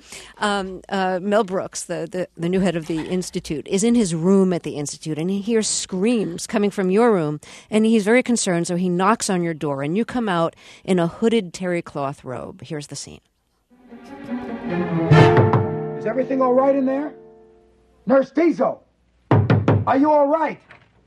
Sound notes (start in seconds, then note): 15.2 soundbite of knocking; 19.3 soundbite of knocking